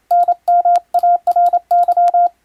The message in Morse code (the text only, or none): N MARY